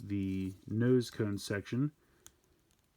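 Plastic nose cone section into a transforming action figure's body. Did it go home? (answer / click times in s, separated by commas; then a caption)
yes / 2.3 s. Someone talks, then, during the transformation of a Transformers Kingdom Core Class Starscream action figure, the plastic nose cone section is pushed into place in the figure's body. It snaps in with a sharp click at 2.3 s, and the section is seated.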